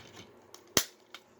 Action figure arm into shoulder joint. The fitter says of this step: if you just push until you hear that click and there you go his arm stay in place